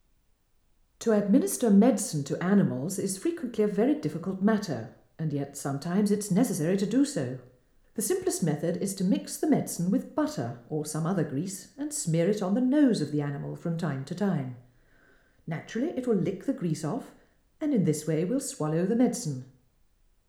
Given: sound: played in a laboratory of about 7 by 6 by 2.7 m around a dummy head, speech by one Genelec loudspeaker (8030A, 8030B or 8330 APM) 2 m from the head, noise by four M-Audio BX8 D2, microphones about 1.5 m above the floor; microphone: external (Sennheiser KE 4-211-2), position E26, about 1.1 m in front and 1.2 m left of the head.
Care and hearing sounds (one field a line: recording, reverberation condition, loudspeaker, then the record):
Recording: female speech in English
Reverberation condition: medium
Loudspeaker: 60 degrees to the left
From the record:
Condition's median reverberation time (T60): about 510 ms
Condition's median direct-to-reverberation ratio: about -0.5 dB